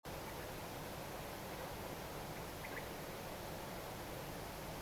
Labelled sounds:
Common Quail (Coturnix coturnix)

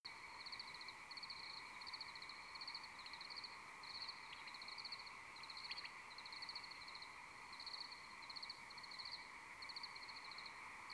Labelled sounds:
unidentified animal sound, Common Quail (Coturnix coturnix)

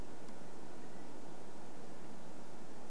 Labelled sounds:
Eurasian Stone-curlew (Burhinus oedicnemus)

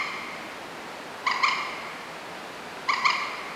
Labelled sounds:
Common Moorhen (Gallinula chloropus)

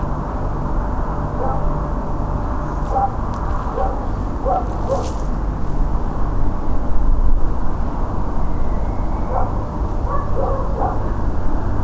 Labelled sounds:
unidentified animal sound, Western Barn Owl (Tyto alba)

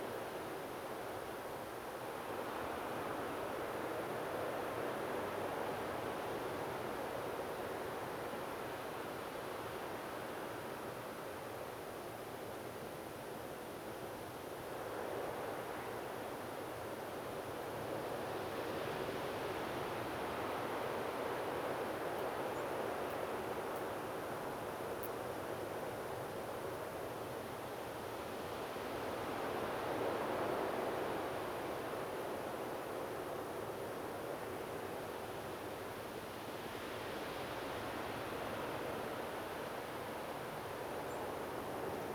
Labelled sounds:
European Robin (Erithacus rubecula)

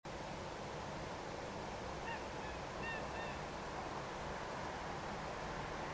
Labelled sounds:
Eurasian Coot (Fulica atra), unidentified sound

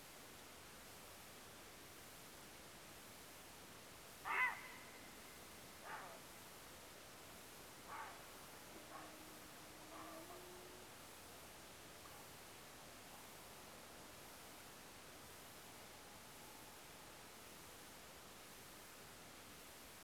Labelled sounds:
Grey Heron (Ardea cinerea), unidentified sound

